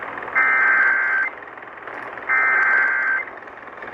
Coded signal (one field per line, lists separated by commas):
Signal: Emergency Alert System (SAME) tones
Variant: header bursts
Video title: A busted slight risk… EAS Alerts from 9/21/23 [EAS #339-347]